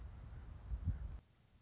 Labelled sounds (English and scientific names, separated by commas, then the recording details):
Western Meadowlark (Sturnella neglecta)
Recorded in Sonoma County, California